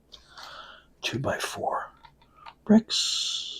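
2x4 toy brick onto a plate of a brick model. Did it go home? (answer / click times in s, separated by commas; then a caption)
no / none. A 2x4 plastic toy brick is being handled over a plate of a brick model, about to be pressed onto its studs. Someone talks, and a few faint small taps and ticks are heard between the words. Nothing has seated or clicked yet.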